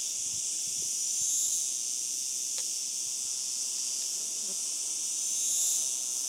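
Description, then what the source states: Cicada buzz: a high, steady drone that swells louder twice, near the start and again toward the end. Recorded 18 July 2013.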